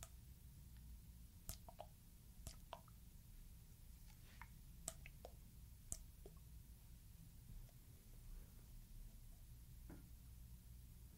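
Liquid sounds from a dropper bottle: scattered wet drips and squishy clicks, clustered in the first six seconds, over a steady low rumble.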